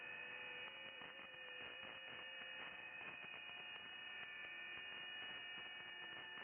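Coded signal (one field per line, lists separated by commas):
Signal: FT8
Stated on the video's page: FT8 on 10 m (28 MHz), DX to Europe, with heavy band activity.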